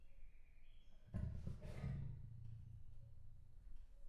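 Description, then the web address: Leopard letting out one rough, low grunt early on, followed by a drawn-out breathy rumble that fades. Male leopard at Jászberény Zoo, 2016. "allathangok jaszberenyizoo 2016 leopard himallat"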